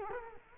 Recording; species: mosquito wingbeat signal from an infrared sensor; Culex quinquefasciatus